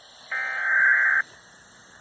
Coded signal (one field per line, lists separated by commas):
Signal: Emergency Alert System (SAME) tones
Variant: header bursts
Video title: (EAS #2) Enviroment Canada fail??? Severe Thunderstorm Watch